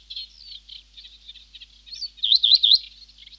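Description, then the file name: Reed bunting song phrase of quick, high, wavering notes near the end, preceded by faint scattered chirping. "Reed Bunting (Emberiza schoeniclus)"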